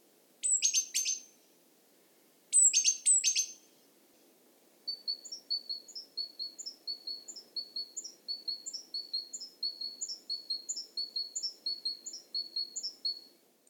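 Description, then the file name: Great tit gives two harsh chattering calls, each opened by a thin high note, then a long rapid series of paired, clear, high notes repeated steadily. "Parus major"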